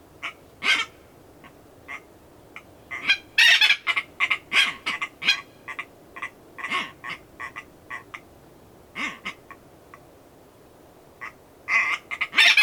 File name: phaethon aethereus